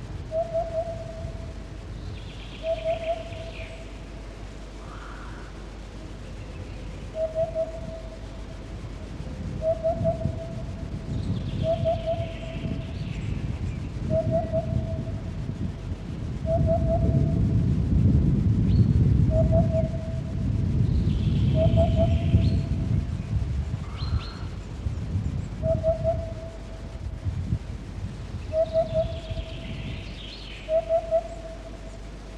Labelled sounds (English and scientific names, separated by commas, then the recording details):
Eurasian Hoopoe (Upupa epops)
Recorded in the wild
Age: adult
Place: Reichwalde, Oberlausitz, Sachsen, DE
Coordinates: 51.3667, 14.6333
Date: 1962-05-12
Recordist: Meyer, Hugo
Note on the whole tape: Zwischen Reichwalde und Dürrwitz: Rufe eines Wiedehopfes